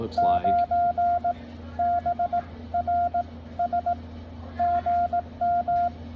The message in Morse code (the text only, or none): 9 BR S GM